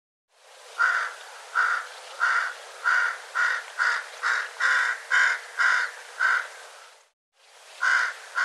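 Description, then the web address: Bird calling with a run of hoarse caws, about eleven repeated every half second, a brief pause, then more caws, against background hiss. "cianscape birddata"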